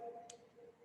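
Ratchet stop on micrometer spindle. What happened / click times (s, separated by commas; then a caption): The ratchet stop clicked at its set force / 0.3 s. A ratchet stop on a micrometer spindle is turned until it clicks at its set force, giving one short, sharp click at 0.3 s over a steady low hum. The ratchet slips at that point, so the spindle is closed and needs no extra tightening.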